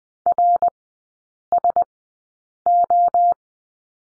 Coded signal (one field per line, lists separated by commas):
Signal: Morse code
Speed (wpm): 20 wpm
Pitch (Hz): 700 Hz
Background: none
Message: RSO